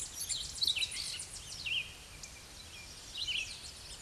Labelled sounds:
Red-eyed Vireo song
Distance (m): 10 m
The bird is about 5 m above the microphone
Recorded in a Pennsylvania forest on 16 May 2024 at 07:14
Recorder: AudioMoth, point MSD-1892
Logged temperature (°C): 14.5 °C
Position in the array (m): 98 m, 98 m

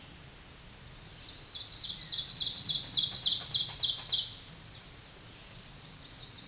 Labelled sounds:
Ovenbird song
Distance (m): 10 m
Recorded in a Pennsylvania forest on 16 May 2024 at 07:04
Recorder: AudioMoth, point MSD-0475
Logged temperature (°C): 12.3 °C
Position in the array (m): 147 m, 4 m

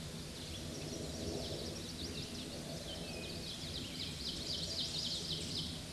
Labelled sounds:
Ovenbird song
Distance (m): 65 m
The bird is about 5 m above the microphone
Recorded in a Pennsylvania forest on 16 May 2024 at 09:47
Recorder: AudioMoth, point MSD-1418
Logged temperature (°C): 16.4 °C
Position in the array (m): 264 m, 154 m

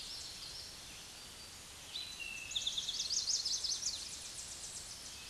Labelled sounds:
Eastern Towhee song
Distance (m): 40 m
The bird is about 5 m above the microphone
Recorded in a Pennsylvania forest on 16 May 2024 at 06:00
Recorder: AudioMoth, point MSD-2376
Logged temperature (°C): 16.7 °C
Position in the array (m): 110 m, 5 m

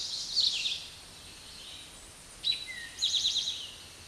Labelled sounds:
Eastern Towhee song
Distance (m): 15 m
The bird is about 5 m above the microphone
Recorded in a Pennsylvania forest on 16 May 2024 at 06:31
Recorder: AudioMoth, point MSD-2058
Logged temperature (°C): 11.8 °C
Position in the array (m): 93 m, 13 m

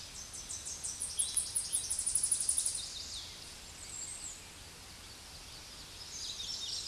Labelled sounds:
Tennessee Warbler song
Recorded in a Pennsylvania forest on 16 May 2024 at 08:04
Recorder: AudioMoth, point MSD-1893
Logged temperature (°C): 16.6 °C
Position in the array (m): 10 m, 85 m

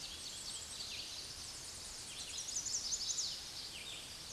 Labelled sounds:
Chestnut-sided Warbler song
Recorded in a Pennsylvania forest on 16 May 2024 at 06:18
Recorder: AudioMoth, point MSD-2208
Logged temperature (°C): 15.2 °C
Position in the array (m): 170 m, 103 m

